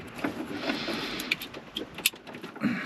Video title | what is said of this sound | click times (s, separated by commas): Ford Transit Connect Camper Stereo Upgrade ‐ Connect 2 fascia and Sony XAV-AX8150 | Nice positive click. | 2.1 s